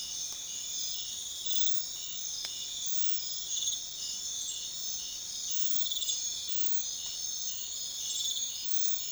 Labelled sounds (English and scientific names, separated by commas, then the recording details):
none
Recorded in secondary vegetation near Puerto Asís, Putumayo, Colombia, on 28 February 2025 at 03:30
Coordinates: 0.500, -76.326
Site GP04